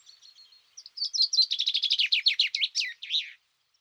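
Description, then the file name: Common chaffinch song: a few thin opening notes, then a quickening run of bright chirps that falls in pitch and ends in a flourish. "Fringilla coelebs"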